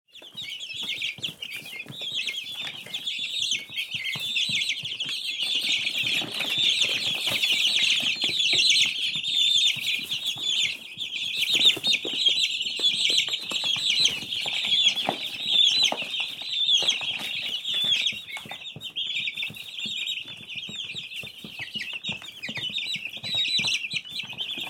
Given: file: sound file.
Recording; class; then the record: poultry; eating drinks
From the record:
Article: Edge intelligence for poultry welfare: Utilizing tiny machine learning neural network processors for vocalization analysis